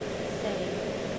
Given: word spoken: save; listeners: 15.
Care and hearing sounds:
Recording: one English word in noise, from a listening test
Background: speech-shaped noise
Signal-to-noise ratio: -6.4 dB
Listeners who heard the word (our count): 2 of 15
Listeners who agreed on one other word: 6 of 15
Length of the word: 0.79 s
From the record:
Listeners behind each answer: 6, 3, 2, 2, 1, 1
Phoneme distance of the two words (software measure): 10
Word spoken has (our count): 1 syllable, 3 phonemes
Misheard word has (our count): 1 syllable, 3 phonemes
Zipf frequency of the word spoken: 5.05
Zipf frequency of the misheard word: 5.65

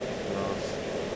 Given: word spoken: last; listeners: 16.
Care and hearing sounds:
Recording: one English word in noise, from a listening test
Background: speech-shaped noise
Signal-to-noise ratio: -5.9 dB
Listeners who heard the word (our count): 2 of 16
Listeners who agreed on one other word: 6 of 16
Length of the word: 0.76 s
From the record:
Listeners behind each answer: 6, 2, 2, 2, 1, 1, 1, 1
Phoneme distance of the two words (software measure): 14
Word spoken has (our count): 1 syllable, 4 phonemes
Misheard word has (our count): 1 syllable, 4 phonemes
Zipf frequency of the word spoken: 5.97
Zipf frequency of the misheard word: 4.92

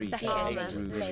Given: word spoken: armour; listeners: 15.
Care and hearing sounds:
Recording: one English word in noise, from a listening test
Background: four-talker babble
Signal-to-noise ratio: -1.5 dB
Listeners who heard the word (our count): 0 of 15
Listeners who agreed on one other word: 8 of 15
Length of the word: 0.72 s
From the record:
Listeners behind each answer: 8, 2, 2, 1, 1, 1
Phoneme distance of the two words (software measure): 41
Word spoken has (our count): 2 syllables, 3 phonemes, stress on syllable 1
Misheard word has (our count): 2 syllables, 6 phonemes, stress on syllable 1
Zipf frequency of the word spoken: 3.89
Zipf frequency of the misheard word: 5.61

